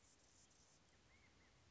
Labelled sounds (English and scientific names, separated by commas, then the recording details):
Anna's Hummingbird (Calypte anna)
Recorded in Sonoma County, California